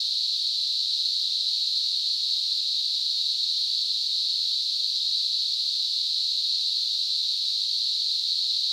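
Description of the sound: A steady, continuous high-pitched hissing band centered near 4 kHz, unchanging throughout, simulating the sound of tinnitus.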